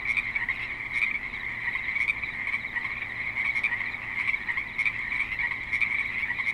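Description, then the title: Frogs in a dense chorus, a steady wall of high trilling croaks with no pauses and faint clicks above. Creek in suburban Spanish Springs, Nevada; frogs calling. "Frogs in Spanish Springs, NV - creek view"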